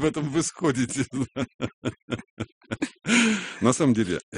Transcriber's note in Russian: Смех